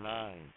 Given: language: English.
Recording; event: throat vibration sensor signal played as sound; speech